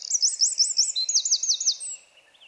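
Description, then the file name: Eurasian wren song: loud, very high notes in a fast repeated series, about ten hooked chirps in under two seconds, ending abruptly. "Troglodytes troglodytes"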